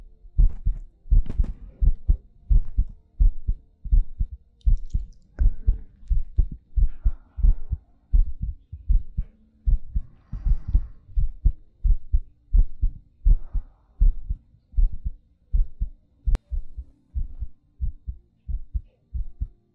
ASMR Heartbeat Breathing.